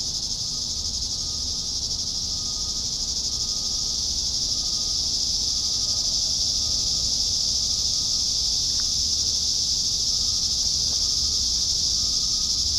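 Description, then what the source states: Cicadas in a steady, unbroken high buzzing drone that holds an even pitch and volume throughout, with a faint thin tone underneath. Several cicadas.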